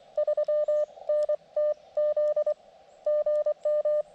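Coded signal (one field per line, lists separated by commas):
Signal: Morse code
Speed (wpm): 24 wpm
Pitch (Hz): 600 Hz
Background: none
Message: 3 NT Z GM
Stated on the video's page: QRP CW Parks On The Air activation from a state forest with a KX2 transceiver, in pretty good band conditions.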